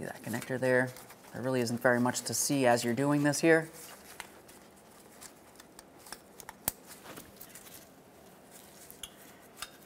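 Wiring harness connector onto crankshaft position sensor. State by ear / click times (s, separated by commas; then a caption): seated / 6.7 s. Someone talks for the first few seconds, then the plastic wiring harness electrical connector is pressed onto the new crankshaft position sensor on the engine block of a 2012-2015 Honda Civic 1.8L L4. Quiet faint ticks and handling noises follow, with the loudest, sharpest click at 6.7 s as the connector latches. It is seated and secured so there is no running condition or check engine light.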